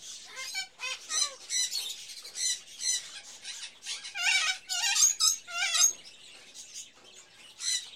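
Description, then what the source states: Birds chattering in a dense, busy flock: rapid squeaky, warbling chirps in irregular bursts, overlapping one another, with brief quieter gaps. Various birds in a pet shop, ambience.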